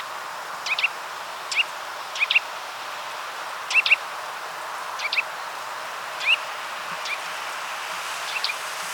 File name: Sitta europaea